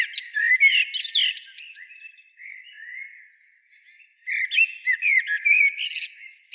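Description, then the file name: Eurasian blackbird giving rapid twittering notes, then a quieter low warble, and then another run of high squeaky chirps. "Turdus merula"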